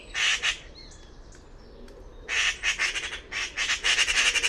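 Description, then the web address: Bird gives two loud rasping squawks, a quiet gap with faint chirps, then a fast stuttering series of harsh notes. "cianscape birddata Deverinetal 2025"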